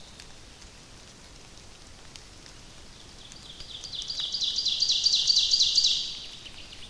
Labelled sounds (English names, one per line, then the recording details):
Ovenbird song
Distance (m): 30 m
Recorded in boreal forest in Alberta, Canada, on 28 May 2016 at 08:42
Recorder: SongMeter 3, array SBT-3-49
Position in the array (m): 38 m, 187 m
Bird 15